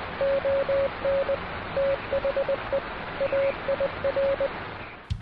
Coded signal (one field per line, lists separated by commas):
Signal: Morse code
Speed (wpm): 20 wpm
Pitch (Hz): 550 Hz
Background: radio noise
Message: ON THE AIR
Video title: Don't Go Changing the POTA Activation